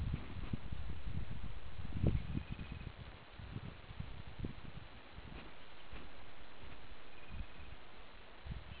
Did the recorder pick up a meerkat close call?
no